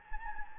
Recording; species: mosquito wingbeat signal from an infrared sensor; Anopheles gambiae